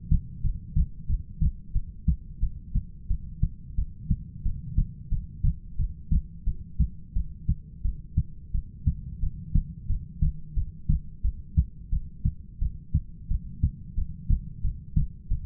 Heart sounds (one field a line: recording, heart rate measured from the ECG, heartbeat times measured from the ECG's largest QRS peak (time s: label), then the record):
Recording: heart sounds by stethoscope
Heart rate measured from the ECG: 89 bpm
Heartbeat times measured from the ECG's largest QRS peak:
0.43 s: heartbeat
1.08 s: heartbeat
1.74 s: heartbeat
2.41 s: heartbeat
3.09 s: heartbeat
3.77 s: heartbeat
4.44 s: heartbeat
5.11 s: heartbeat
5.78 s: heartbeat
6.46 s: heartbeat
7.15 s: heartbeat
7.84 s: heartbeat
8.53 s: heartbeat
9.22 s: heartbeat
9.89 s: heartbeat
10.56 s: heartbeat
11.23 s: heartbeat
11.91 s: heartbeat
12.61 s: heartbeat
13.30 s: heartbeat
13.97 s: heartbeat
14.63 s: heartbeat
15.30 s: heartbeat
From the record:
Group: heart failure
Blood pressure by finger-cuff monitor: 107/69 mmHg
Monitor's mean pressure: 82 mmHg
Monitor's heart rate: 89 bpm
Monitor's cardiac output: 7.5 L/min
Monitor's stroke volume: 84 mL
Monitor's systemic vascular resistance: 790 dyn s/cm5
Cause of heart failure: ischemic heart disease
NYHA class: 1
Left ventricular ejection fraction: 38%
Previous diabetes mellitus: present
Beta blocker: bisoprolol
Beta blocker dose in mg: 15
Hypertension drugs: sacubitril-valsartan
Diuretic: furosemide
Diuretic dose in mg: 20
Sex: male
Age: 33 years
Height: 172 cm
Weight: 78.5 kg